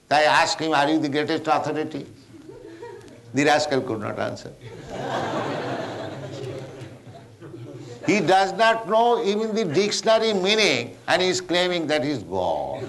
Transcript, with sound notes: So I asked him, "Are you the greatest authority?" The rascal could not answer. [laughter] He does not know even the dictionary meaning, and he's claiming that he's God.